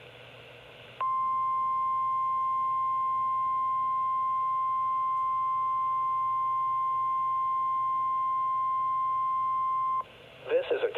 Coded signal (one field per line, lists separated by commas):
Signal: Emergency Alert System (SAME) tones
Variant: 1050 Hz attention tone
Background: speech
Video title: EAS Capture #84 - NWR Required Weekly Test